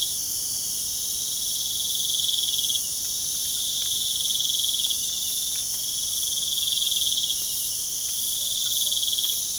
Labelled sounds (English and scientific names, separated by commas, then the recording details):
none
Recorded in pastures near Puerto Asís, Putumayo, Colombia, on 27 June 2025 at 00:00
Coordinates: 0.497, -76.327
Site G040